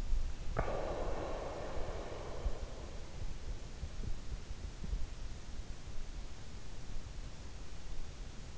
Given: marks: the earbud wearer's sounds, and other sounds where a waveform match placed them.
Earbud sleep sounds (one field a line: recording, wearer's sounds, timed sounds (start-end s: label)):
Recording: sounds in sleep by an in-ear microphone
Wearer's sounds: breath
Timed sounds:
0.53-2.98 s: breath